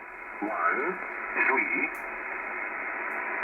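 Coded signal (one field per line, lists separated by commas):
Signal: numbers station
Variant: synthesized voice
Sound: two short spoken words, probably digits, over steady shortwave hiss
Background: radio static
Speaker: transmission radio. 4, 1, 3, 4, 1, 3, 4, 1,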